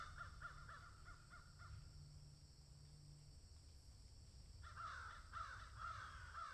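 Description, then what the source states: Crow caws in a short rhythmic series, then a quiet stretch with low hum, followed by louder harsh cawing toward the end. Several crows cawing in a field.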